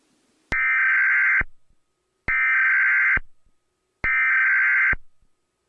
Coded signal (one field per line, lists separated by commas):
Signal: Emergency Alert System (SAME) tones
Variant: header bursts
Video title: Sedated Disease - EAS Scenario (2022)